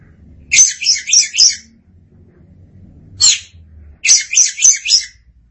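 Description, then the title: Oriental magpie-robin song in bursts of rapid, harsh, buzzy syllables, three or four to a phrase, with a faint low hum underneath. "Suara Kicauan Burung Kacer Durasi Panjang"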